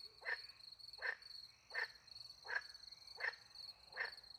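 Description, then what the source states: Frog croaks repeated about every three-quarters of a second, short and bright, over a steady shrill cricket chorus. Frogs with crickets at night in the countryside by a little pond, France; microphones hidden in a tree near the pond; two Usi pro microphones into a Mixpre 10 II recorder.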